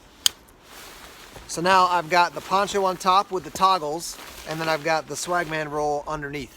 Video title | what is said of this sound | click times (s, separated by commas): Clothing Multi-Tool: Helikon Tex Swagman Roll + Poncho: Sleeping Bag, Blanket, Woobie, Liner, Poncho | once we get my hands which are hidden underneath here see if you can hear that click underneath here so | 0.3 s